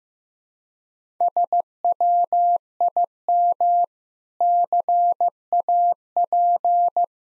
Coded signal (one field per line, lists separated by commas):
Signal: Morse code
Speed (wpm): 15 wpm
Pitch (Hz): 700 Hz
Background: none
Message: SWIM CAP